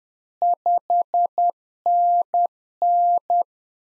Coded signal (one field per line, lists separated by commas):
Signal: Morse code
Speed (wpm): 10 wpm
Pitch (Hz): 700 Hz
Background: none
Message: 5NN